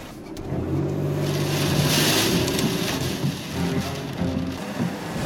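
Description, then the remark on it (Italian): Stormy wind roars steadily for several seconds, a loud rushing hiss like driving rain over a low, droning rumble, swelling slightly in the middle. No voices are heard. “Vedi di non farti portare via dal vento!”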